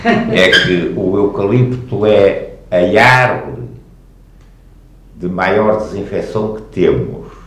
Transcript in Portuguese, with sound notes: É que o eucalipto é a árvore [pausa] de maior desinfecção que temos.